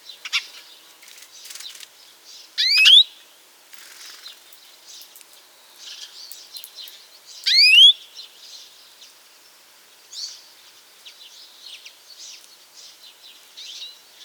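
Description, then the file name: European greenfinch calls: two loud, rising notes about five seconds apart, with faint scattered chirps between them. "Chloris chloris"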